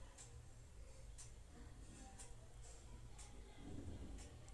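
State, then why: Not seated. A plastic lock-type back housing is being fitted onto the frame of an OPPO A74 5G smartphone during a display replacement, right after the fingerprint scanner connector has been connected. Faint, short, high-pitched ticks recur about once a second over a steady low hum, with a slight rise near the end. Nothing has seated or clicked yet.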